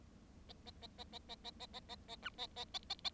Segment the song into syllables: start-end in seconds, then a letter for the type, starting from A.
0.48-0.53 A, 0.66-0.71 A, 0.81-0.87 A, 0.98-1.04 A, 1.12-1.19 A, 1.29-1.35 A, 1.44-1.50 A, 1.59-1.66 A, 1.73-1.80 A, 1.89-1.95 A, 2.08-2.16 A, 2.22-2.29 B, 2.38-2.47 A, 2.56-2.65 A, 2.74-2.79 A, 2.90-2.94 A, 3.04-3.09 A